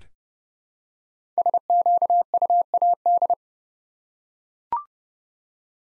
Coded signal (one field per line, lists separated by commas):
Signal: Morse code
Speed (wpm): 30 wpm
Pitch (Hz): 700 Hz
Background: none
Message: SQUAD